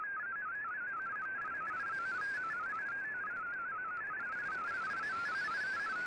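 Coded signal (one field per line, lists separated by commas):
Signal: multi-tone FSK (Olivia or MFSK type)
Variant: MFSK32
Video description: Here is my decode of the Shortwave Radiogram broadcast today on 15770Khz shortwave radio at 1300UTC in MFSK32 and 64 with 10 SSTV images.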